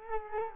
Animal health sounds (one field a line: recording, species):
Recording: mosquito wingbeat signal from an infrared sensor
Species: Culex quinquefasciatus